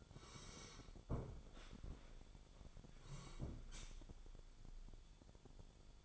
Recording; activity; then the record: daily activity, microphone in the room; sit down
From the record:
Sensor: 5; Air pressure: 1015.3 hPa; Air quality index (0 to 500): 177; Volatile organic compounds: 6 ppm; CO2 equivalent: 1923 ppm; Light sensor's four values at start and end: 37/84/34/33 and 37/84/34/33